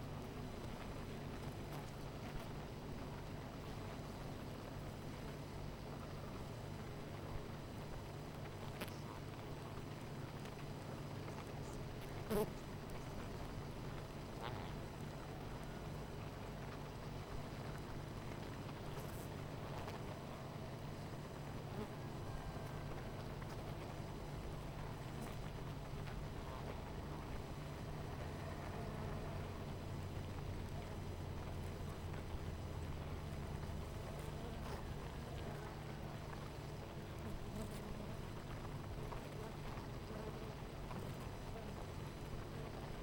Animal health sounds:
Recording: honeybee colony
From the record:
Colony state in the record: missing queen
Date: 14 July 2017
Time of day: 9:55

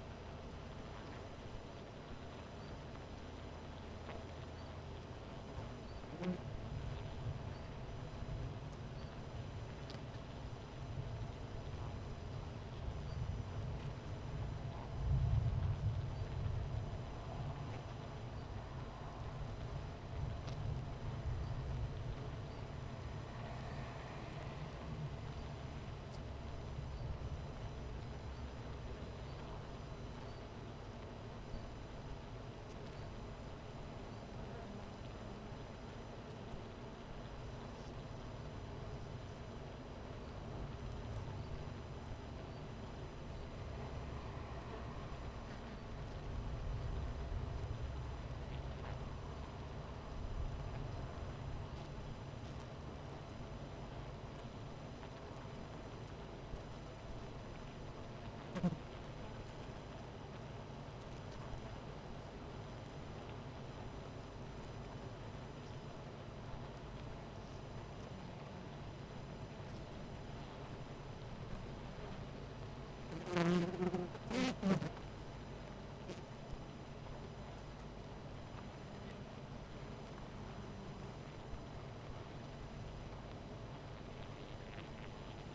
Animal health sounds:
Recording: honeybee colony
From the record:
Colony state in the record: missing queen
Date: 14 July 2017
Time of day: 12:00

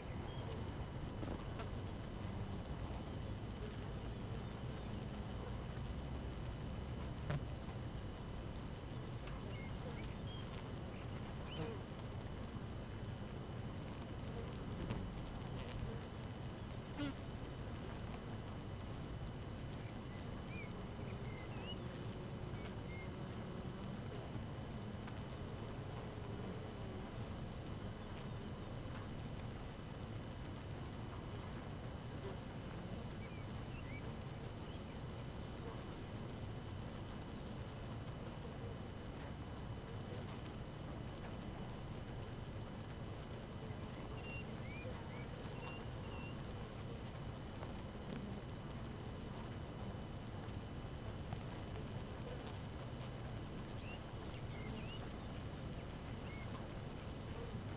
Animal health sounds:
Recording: honeybee colony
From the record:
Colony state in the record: active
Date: 12 June 2018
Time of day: 5:23

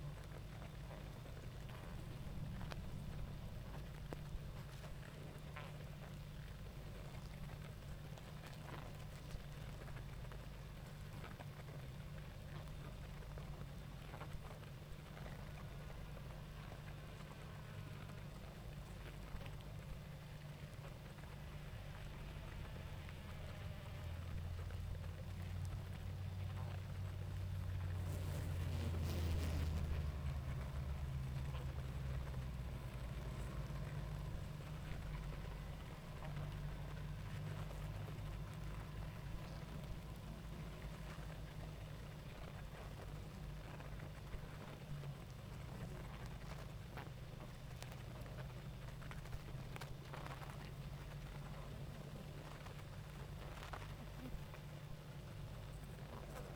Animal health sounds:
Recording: honeybee colony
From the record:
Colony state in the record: active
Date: 28 July 2017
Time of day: 19:48

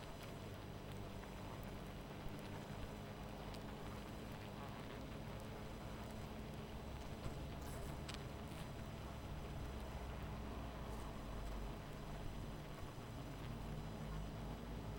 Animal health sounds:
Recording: honeybee colony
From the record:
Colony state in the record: missing queen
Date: 14 July 2017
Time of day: 19:27

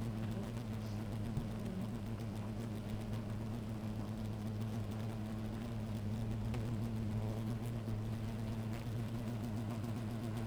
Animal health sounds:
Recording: honeybee colony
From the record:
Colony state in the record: active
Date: 28 July 2017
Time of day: 10:50

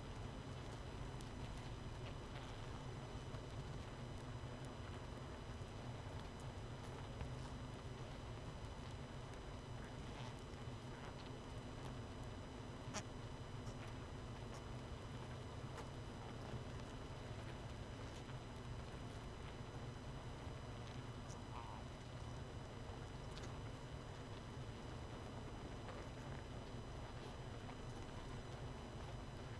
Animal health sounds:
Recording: honeybee colony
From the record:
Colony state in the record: missing queen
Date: 31 May 2018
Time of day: 21:14

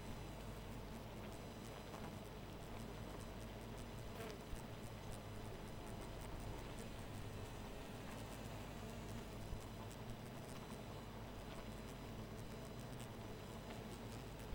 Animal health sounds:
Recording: honeybee colony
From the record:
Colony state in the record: missing queen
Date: 14 July 2017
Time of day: 0:16

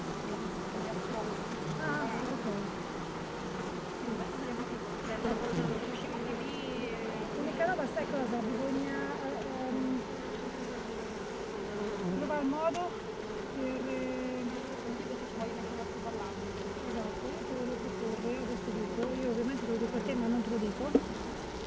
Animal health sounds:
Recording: honeybee colony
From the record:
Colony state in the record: missing queen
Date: 31 May 2018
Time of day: 16:20

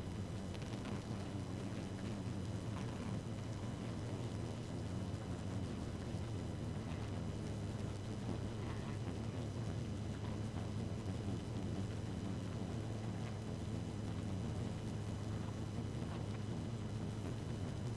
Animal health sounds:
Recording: honeybee colony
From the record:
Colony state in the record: active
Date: 12 June 2018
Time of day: 0:20

